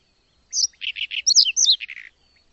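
Bird song: one quick phrase of high chirps and buzzy notes lasting about one and a half seconds, in quiet surroundings.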